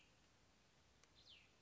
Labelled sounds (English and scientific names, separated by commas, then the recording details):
Cassin's Vireo (Vireo cassinii)
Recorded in Sonoma County, California